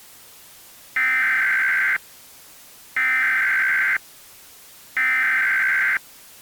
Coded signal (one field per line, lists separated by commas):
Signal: Emergency Alert System (SAME) tones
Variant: header bursts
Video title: EAS Mock Paul the Alcoholic